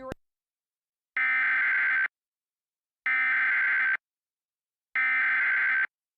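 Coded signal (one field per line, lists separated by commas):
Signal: Emergency Alert System (SAME) tones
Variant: header bursts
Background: speech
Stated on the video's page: Recreation of an August 2004 Rockingham County, North Carolina tornado warning, using valid tones.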